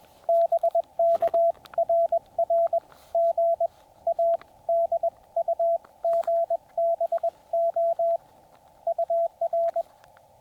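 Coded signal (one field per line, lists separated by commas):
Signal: Morse code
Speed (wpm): 21 wpm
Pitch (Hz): 690 Hz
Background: radio noise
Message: BK RR GA DUGBO UR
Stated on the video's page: Morse during combined POTA and SOTA summit activation, on 15 meters and on 144.200 MHz 2 meters.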